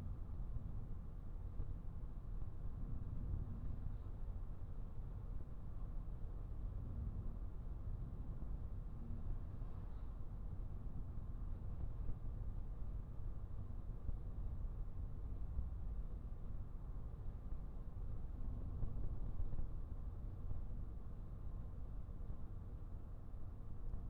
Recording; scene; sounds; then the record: everyday scene through a hearing-aid microphone; in a vehicle; engine, traffic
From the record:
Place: Skoda Fabia, gasoline engine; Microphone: behind the ear, right, rear